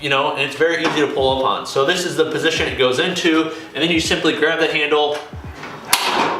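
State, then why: Seated. A rowing machine frame (Remo Air Rower Xebex PROWOD) is lifted by its handle into its use position while someone talks. At 5.9 s a single sharp metallic hit sounds as the frame latch locks into place.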